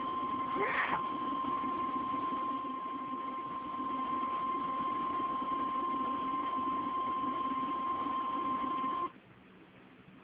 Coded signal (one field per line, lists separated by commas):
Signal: Emergency Alert System (SAME) tones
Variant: 1050 Hz attention tone